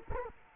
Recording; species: mosquito wingbeat signal from an infrared sensor; Culex quinquefasciatus